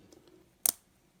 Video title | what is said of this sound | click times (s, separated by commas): Repair a noisy locomotive with an N scale Kato C44-9 | snap into place | 0.7 s